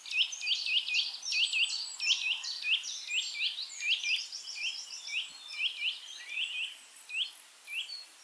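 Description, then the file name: Eurasian nuthatch giving a rapid, busy run of many high, clipped notes, with a few fainter notes mixed in and light background hiss. "Sitta europaea"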